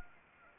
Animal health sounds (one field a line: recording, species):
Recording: mosquito wingbeat signal from an infrared sensor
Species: Anopheles arabiensis